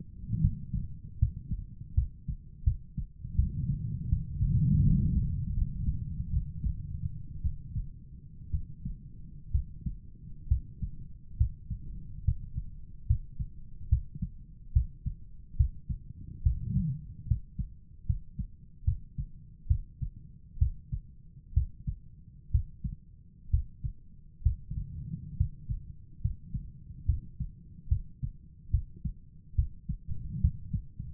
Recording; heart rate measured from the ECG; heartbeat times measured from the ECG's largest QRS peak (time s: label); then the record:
heart sounds by stethoscope; 70 bpm
0.40 s: heartbeat
1.18 s: heartbeat
1.94 s: heartbeat
2.64 s: heartbeat
3.35 s: heartbeat
4.09 s: heartbeat
4.83 s: heartbeat
5.54 s: heartbeat
6.30 s: heartbeat
7.41 s: heartbeat
8.50 s: heartbeat
9.51 s: heartbeat
10.48 s: heartbeat
11.37 s: heartbeat
12.24 s: heartbeat
13.07 s: heartbeat
13.89 s: heartbeat
14.72 s: heartbeat
15.56 s: heartbeat
16.43 s: heartbeat
17.27 s: heartbeat
18.06 s: heartbeat
18.84 s: heartbeat
19.67 s: heartbeat
20.58 s: heartbeat
21.53 s: heartbeat
22.51 s: heartbeat
23.50 s: heartbeat
24.42 s: heartbeat
25.36 s: heartbeat
26.21 s: heartbeat
27.05 s: heartbeat
27.88 s: heartbeat
28.70 s: heartbeat
29.55 s: heartbeat
30.40 s: heartbeat
From the record:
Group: healthy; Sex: male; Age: 35 years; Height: 178 cm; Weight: 64 kg